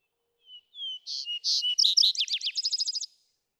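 Vesper sparrow song: two low slurred whistles, then louder buzzy notes, followed by a rapid series of descending notes ending in a fast, even trill, about two and a half seconds long.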